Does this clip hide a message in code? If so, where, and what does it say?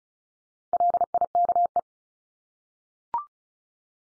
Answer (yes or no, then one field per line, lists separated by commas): yes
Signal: Morse code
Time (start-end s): 0.7-1.8 s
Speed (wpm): 34 wpm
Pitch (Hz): 700 Hz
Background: none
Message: LIKE